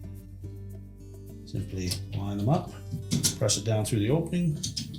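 A plastic rack stop with a flexible locking tab is lined up with the rail of a Whirlpool dishwasher dishrack and pressed down through the opening while someone talks over background music. Only the handling is heard; the stop has not yet seated or locked into the rail.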